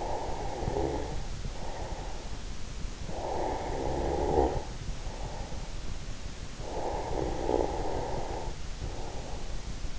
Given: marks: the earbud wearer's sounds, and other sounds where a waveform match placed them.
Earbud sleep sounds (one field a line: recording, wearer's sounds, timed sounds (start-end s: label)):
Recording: sounds in sleep by an in-ear microphone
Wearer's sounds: snoring breath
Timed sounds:
0.00-2.46 s: snoring breath
2.98-5.45 s: snoring breath
6.36-9.48 s: snoring breath